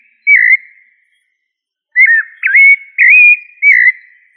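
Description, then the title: Thrush song: a short whistled note, a pause of over a second, then four clear whistled phrases near the same pitch, some slurred or dipping. "Familia Turdidae - Sabia"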